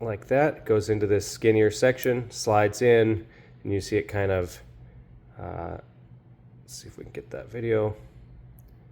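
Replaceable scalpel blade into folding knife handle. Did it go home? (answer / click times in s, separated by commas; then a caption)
no / none. Someone talks while sliding a replaceable scalpel blade into the narrow section of a folding knife handle, where it is meant to snap into place under a little spring preload. Faint handling noises follow, but the blade has not yet seated or clicked into place by the end of the clip.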